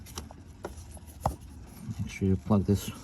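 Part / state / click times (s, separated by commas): oxygen sensor connector into harness plug / not seated / none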